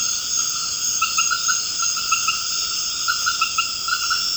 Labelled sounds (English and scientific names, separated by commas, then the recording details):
none
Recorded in dense forest near Puerto Asís, Putumayo, Colombia, on 24 March 2025 at 20:00
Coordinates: 0.481, -76.323
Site G088